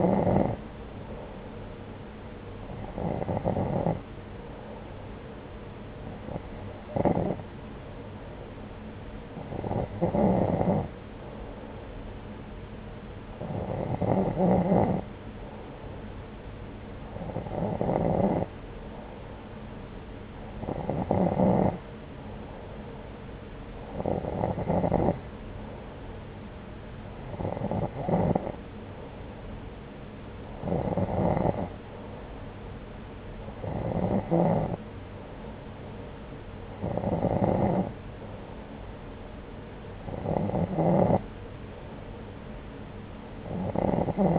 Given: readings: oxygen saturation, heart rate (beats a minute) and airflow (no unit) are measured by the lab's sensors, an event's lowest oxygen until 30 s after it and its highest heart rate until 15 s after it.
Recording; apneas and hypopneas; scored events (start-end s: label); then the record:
breathing in sleep by a voice recorder at the bedside; none
none scored
From the record:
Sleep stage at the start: N2 (light sleep); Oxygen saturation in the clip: 90 to 91%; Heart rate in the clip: 69 to 75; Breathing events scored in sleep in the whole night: 303 in 8.1 hours asleep